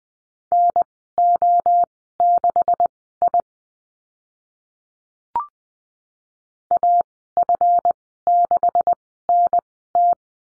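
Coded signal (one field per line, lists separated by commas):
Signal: Morse code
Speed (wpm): 20 wpm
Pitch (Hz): 700 Hz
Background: none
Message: NO6I AF6NT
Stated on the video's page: Morse course lesson on letter Y with call signs, Farnsworth speed 20/10wpm.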